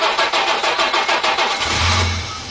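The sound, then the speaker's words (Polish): A car engine cranks with a quick, even chugging of the starter, then catches and settles into a low, steady rumble. No one speaks. “Ewa Dudzińska pytała o te samochody, dlaczego tak nie burczy ładnie”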